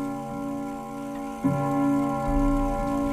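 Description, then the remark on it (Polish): An old 1935 cabinet clock from Lower Silesia, of a kind used in post offices, ticks steadily, its mechanism giving off a sustained metallic resonance that swells with a fresh strike about halfway through. No one speaks. “Zegar szafkowy z 1935 roku. Wiele takich zegarów stało w urzędach pocztowych.”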